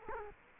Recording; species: mosquito wingbeat signal from an infrared sensor; Culex quinquefasciatus